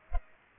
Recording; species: mosquito wingbeat signal from an infrared sensor; Culex pipiens